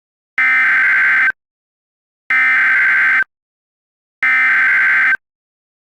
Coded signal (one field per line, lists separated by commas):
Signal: Emergency Alert System (SAME) tones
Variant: header bursts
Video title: Exploding Arcade Cabinets (EAS Scenario)